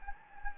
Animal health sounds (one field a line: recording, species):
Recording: mosquito wingbeat signal from an infrared sensor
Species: Anopheles gambiae